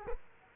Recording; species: mosquito wingbeat signal from an infrared sensor; Culex quinquefasciatus